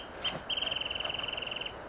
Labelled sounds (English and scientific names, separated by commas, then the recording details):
Wrentit (Chamaea fasciata)
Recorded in Sonoma County, California